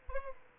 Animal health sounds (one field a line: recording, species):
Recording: mosquito wingbeat signal from an infrared sensor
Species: Aedes albopictus